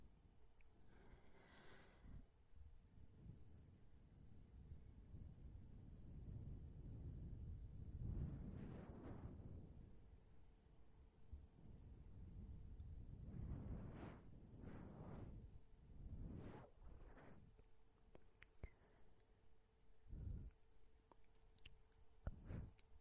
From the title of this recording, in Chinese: 吹气声口水音